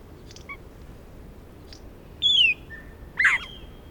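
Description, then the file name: Australasian figbird calls: a thin whistled note sliding downward, then a short harsh burst about a second later, over a soft background hiss. "Sphecotheres Vieilloti"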